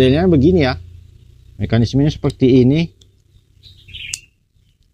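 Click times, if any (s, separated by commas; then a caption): 4.1 s. Someone talks while pushing the plastic chin strap buckle of an INK T1 Solid Red motorcycle helmet into its lock. The buckle clicks shut at 4.1 s, seating fully.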